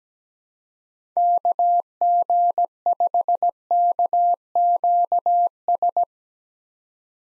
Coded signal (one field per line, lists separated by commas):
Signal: Morse code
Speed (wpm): 17 wpm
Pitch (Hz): 700 Hz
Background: none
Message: KG5KQS